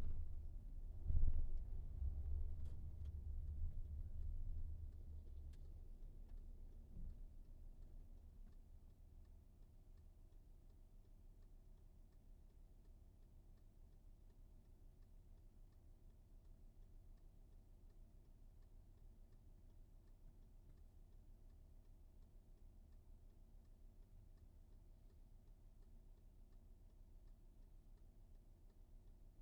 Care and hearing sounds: everyday scene through a hearing-aid microphone; in a vehicle; engine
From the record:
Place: VW T5 Caravelle, diesel engine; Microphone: behind the ear, right, rear

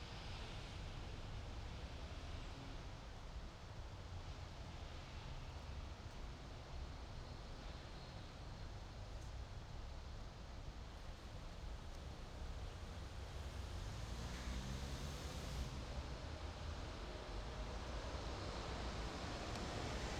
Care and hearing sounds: everyday scene through a hearing-aid microphone; in traffic; traffic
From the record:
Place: main city hub, rush hour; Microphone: in the ear canal, right

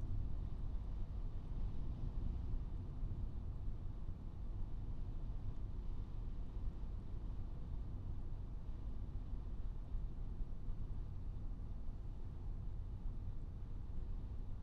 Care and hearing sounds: everyday scene through a hearing-aid microphone; in a vehicle; engine, traffic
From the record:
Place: Skoda Fabia, gasoline engine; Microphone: in the ear canal, right

